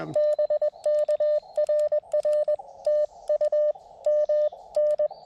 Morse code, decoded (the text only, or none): BK RR TU MN